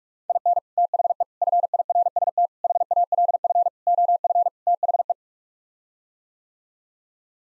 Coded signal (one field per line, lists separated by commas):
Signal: Morse code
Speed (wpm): 46 wpm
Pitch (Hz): 700 Hz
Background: none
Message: IN THE FIRST HALF OF THE